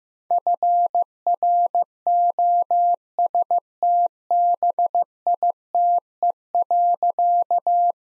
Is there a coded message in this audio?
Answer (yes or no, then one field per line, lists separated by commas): yes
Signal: Morse code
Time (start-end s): 0.3-7.9 s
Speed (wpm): 16 wpm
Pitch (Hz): 700 Hz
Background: none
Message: FROSTBITE.